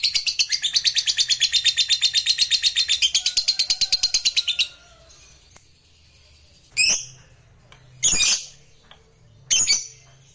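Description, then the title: Lovebird song, a fast buzzy chatter of high pulsed notes for about four and a half seconds, followed by three loud isolated squeaky chirps. Recording meant to make a lazy, silent lovebird eager to sing, spontaneously going straight into narik (full song). "LOVEBIRD Malas Bunyi JADI GREGET SPONTAN Langsung NARIK"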